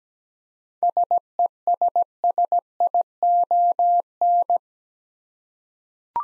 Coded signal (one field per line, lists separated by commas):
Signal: Morse code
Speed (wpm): 17 wpm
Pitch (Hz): 700 Hz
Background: none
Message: SESSION